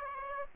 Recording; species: mosquito wingbeat signal from an infrared sensor; Aedes aegypti